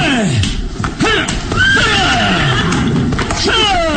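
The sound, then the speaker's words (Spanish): Horses being whipped by their driver to speed up across a bridge whinny and neigh loudly several times, shrill wavering calls sliding down in pitch, overlapping one another amid a dense rumbling background with a few sharp whip cracks. “Calimán se levanta de su asiento y fustiga a los caballos para acelerar la marcha.”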